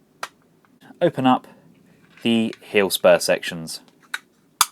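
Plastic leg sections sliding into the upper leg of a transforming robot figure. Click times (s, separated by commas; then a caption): 0.2 s. Plastic leg sections are slid up into the upper leg of a transforming robot figure, a Robot Hero CG-04 Airstrikes, an oversized knock-off of the Transformers Masterpiece MP11T Thundercracker, until they lock in place. A sharp snap at 0.2 s marks the sections clicking into place and seating, and two more sharp clicks follow near 4.1 s and 4.6 s. Someone talks in between.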